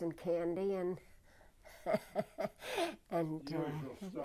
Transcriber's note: she laughs